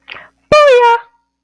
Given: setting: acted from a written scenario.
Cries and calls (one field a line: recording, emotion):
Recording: vocal sound without words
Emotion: realization